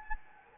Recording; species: mosquito wingbeat signal from an infrared sensor; Anopheles gambiae